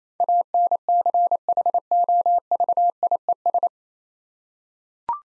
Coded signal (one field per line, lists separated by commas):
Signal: Morse code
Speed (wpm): 28 wpm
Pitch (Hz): 700 Hz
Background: none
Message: ANCHOVIES